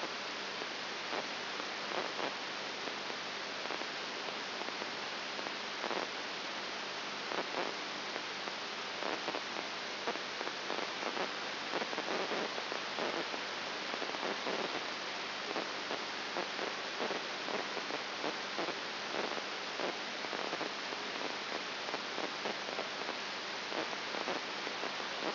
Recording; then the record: brain microelectrode recording played as sound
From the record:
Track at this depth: inside the subthalamic nucleus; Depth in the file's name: 5.1 mm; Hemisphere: right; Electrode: 3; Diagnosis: Parkinson's disease